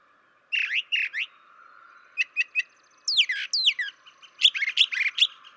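Brown Thrasher song, varied phrases of rasping chirps, sharp clicks and rising-falling whistled slurs, many doubled, in a lively sequence.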